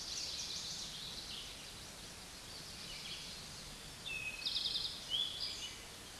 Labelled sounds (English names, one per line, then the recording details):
Eastern Towhee song
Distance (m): 40 m
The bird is about level with the microphone
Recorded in a Pennsylvania forest on 16 May 2024 at 06:09
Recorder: AudioMoth, point MSD-2287
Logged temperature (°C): 11.2 °C
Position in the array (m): 106 m, 6 m